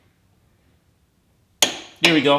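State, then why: Torque reached. A click-type torque wrench set to 74 ft-lb tightens the rear axle nut on a Harley-Davidson Road Glide with a flush axle, fitted with a fat tire. After near silence, the wrench gives one sharp, loud snap at 1.6 s, confirming the nut has reached the set torque. Someone then talks briefly.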